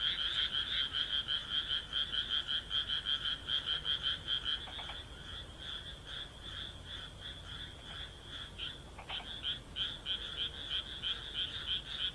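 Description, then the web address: Frog giving rapid repeated croaks, nearly three a second, which falter briefly midway and then resume. "kaeru kaeru"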